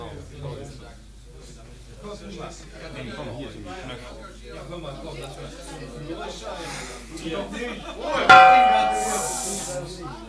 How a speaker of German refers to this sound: Mit diesem Gongschlag, bei dem es genau 20 Uhr wurde, 20 Uhr Radiozeit, haben die ersten Sekunden, hat die erste Minute und damit die erste Stunde begonnen von wenigstens 140 Stunden, während ich zu Ihnen sprechen werde, meine Damen und Herren.